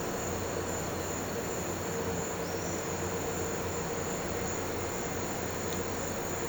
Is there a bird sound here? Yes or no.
no